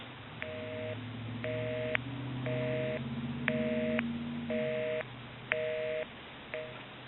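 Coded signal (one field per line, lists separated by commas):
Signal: telephone call progress tone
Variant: North America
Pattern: busy tone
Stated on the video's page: Tone heard through a Western Electric 302 rotary desk telephone during checkout and repair.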